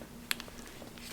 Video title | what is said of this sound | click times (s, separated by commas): Ford 7.3 Powerstroke: Intercooler Pipes and HPOP Lines Part 2 | into place just like that I don't think this one's all the way seated but | 0.3 s